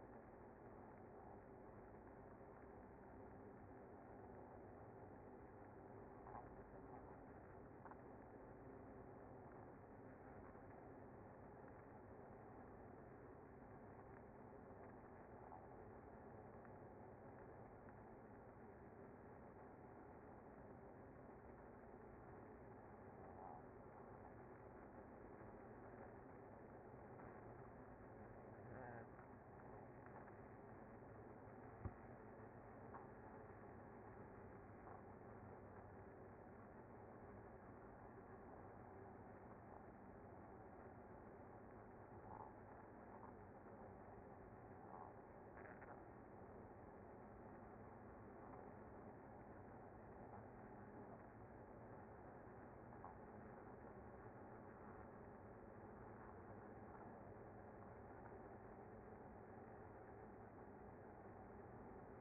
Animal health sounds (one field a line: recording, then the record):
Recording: honeybee colony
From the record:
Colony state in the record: active